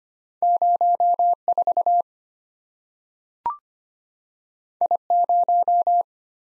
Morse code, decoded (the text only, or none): 04 I0